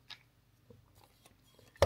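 With film already loaded, the hinged back door of a Praktica LLC 35mm SLR camera is closed onto the body. A few faint small clicks and rustles come first, then a loud, sharp latch snap at 1.8 s as the door latches shut and seats.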